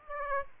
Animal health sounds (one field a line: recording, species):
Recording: mosquito wingbeat signal from an infrared sensor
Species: Aedes aegypti